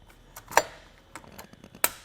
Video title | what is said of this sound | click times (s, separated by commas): Mount: Fit Kit for Thule Evo Clamp and Edge Clamp Roof Rack Feet on a 2020 Chevrolet Equinox | there we go once it clicks you then just leave it in the door do that on both sides before you tighten down | 1.8 s